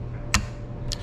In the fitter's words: Clicked in. Can't lift up on it. Shouldn't be able to pull back on it.